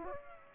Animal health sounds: mosquito wingbeat signal from an infrared sensor; Aedes aegypti

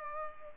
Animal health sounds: mosquito wingbeat signal from an infrared sensor; Culex pipiens

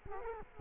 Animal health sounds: mosquito wingbeat signal from an infrared sensor; Culex quinquefasciatus

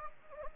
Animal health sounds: mosquito wingbeat signal from an infrared sensor; Anopheles gambiae

